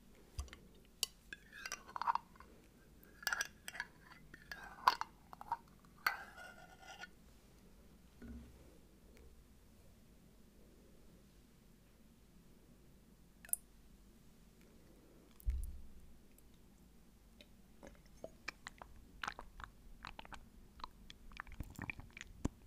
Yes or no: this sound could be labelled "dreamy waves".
no